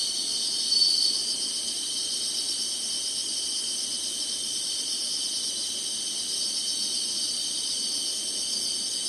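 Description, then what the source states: Insects singing a constant high, shimmering trill made of several overlapping bands, with one brief brighter chirp near the start. Summer insect chorus.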